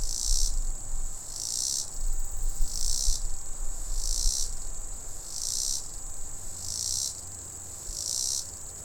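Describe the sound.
Robinson's cicada song: rhythmic shrill buzzing pulses, each short, repeated regularly above a continuous high drone, with low rumble.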